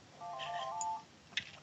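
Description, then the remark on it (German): A mobile phone ringtone plays a brief electronic melody of a few bright, steady tones lasting under a second, followed by a short sharp click as the phone is switched off, with no talking. “Dü-lü-lü. Handy aus.”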